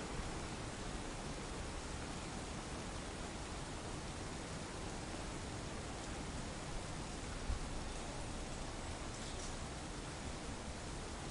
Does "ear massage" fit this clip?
no